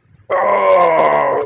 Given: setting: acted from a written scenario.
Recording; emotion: vocal sound without words; pain